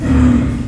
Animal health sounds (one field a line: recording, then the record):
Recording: squeal of a Yucatan mini pig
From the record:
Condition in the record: after surgery on the right vocal fold (resection and tissue-engineered implant)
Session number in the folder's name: 11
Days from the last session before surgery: 98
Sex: female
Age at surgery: 19 weeks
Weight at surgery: 25 kg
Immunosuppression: prednisolone